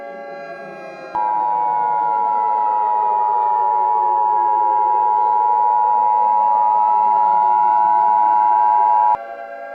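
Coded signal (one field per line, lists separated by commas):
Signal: Emergency Alert System (SAME) tones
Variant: 853 and 960 Hz attention tone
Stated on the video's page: Fictional zombie-themed EAS scenario recreation with valid SAME tones.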